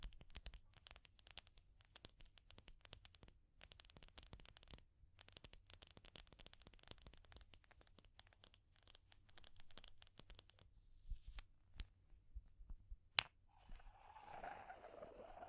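Dense, irregular crackling and tapping fill most of the clip as rapid sharp snaps, with a few brief pauses and a steady low rumble underneath. After about ten seconds the snaps thin out, a single loud crack lands near thirteen seconds, and soft scratching follows.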